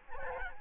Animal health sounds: mosquito wingbeat signal from an infrared sensor; Aedes albopictus

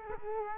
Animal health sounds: mosquito wingbeat signal from an infrared sensor; Culex quinquefasciatus

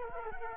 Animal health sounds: mosquito wingbeat signal from an infrared sensor; Culex quinquefasciatus

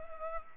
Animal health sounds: mosquito wingbeat signal from an infrared sensor; Culex pipiens

